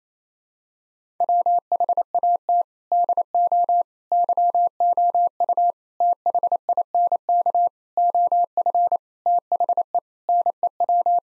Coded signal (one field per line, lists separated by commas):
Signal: Morse code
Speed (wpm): 28 wpm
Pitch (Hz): 700 Hz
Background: none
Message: WHAT DO YOU THINK OF THE NEW